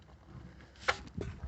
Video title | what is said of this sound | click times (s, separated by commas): Change your oil Lexus RX350 Oil Change Detailed/Long Version 2010 Lexus RX350 (2020/Dec) | you heard it click oh yeah oh man | 0.9 s